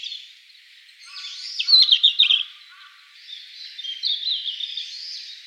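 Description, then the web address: Red-flanked bluetail with a high, fast warbling phrase of slurred notes, joined by a few faint lower tones, then a softer, scratchier twittering run. Recorded 14 December 2014. "birdenaga ruribitaki 141214"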